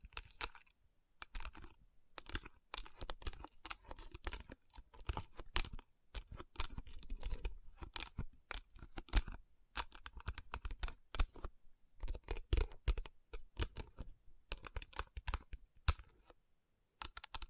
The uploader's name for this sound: Tapping & Rubbing Rhinestone Covered Palms